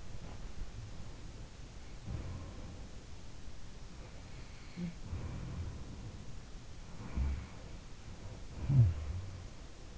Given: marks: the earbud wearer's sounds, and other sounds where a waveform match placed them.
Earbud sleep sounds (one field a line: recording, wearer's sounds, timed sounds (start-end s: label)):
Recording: sounds in sleep by an in-ear microphone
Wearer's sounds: teeth grinding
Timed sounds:
0.00-0.65 s: teeth grinding
0.99-3.45 s: sound from someone else or the room
3.91-6.45 s: sound from someone else or the room
6.82-8.45 s: sound from someone else or the room
8.59-9.98 s: sound from someone else or the room